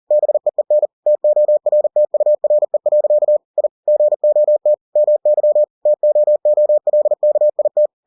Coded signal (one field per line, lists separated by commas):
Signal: Morse code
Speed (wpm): 40 wpm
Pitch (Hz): 600 Hz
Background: none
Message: BEEN TORTURE. I GOT MY TOOLKIT